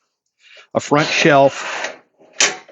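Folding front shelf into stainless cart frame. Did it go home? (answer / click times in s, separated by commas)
yes / 2.4 s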